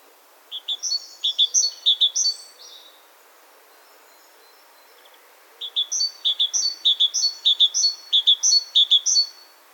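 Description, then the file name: Great tit singing two bouts of quick repeated high-low phrases, separated by a pause of about three seconds. "Parus major"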